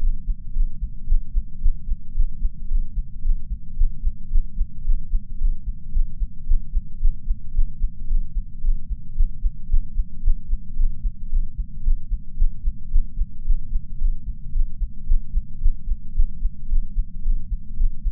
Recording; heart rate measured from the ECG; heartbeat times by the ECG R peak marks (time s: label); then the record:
heart sounds by patch sensor on the chest; 111 bpm
0.52 s: heartbeat
1.06 s: heartbeat
1.59 s: heartbeat
2.13 s: heartbeat
2.67 s: heartbeat
3.21 s: heartbeat
3.75 s: heartbeat
4.29 s: heartbeat
4.83 s: heartbeat
5.37 s: heartbeat
5.91 s: heartbeat
6.45 s: heartbeat
6.99 s: heartbeat
7.52 s: heartbeat
8.06 s: heartbeat
8.60 s: heartbeat
9.14 s: heartbeat
9.67 s: heartbeat
10.21 s: heartbeat
10.75 s: heartbeat
11.28 s: heartbeat
11.82 s: heartbeat
12.35 s: heartbeat
12.89 s: heartbeat
13.43 s: heartbeat
13.97 s: heartbeat
14.51 s: heartbeat
15.05 s: heartbeat
15.59 s: heartbeat
16.13 s: heartbeat
16.67 s: heartbeat
17.21 s: heartbeat
17.75 s: heartbeat
From the record:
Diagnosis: coronary artery disease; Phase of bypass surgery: postoperative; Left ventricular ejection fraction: 34.9%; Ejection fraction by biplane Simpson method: 32.7%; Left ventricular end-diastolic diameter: 59 mm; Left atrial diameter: 36 mm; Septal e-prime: 3 cm/s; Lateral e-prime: 7 cm/s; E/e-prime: 12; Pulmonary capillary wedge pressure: 12 mmHg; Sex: male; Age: 49 years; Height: 175 cm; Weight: 80 kg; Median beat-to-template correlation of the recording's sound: 0.90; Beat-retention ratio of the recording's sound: 0.99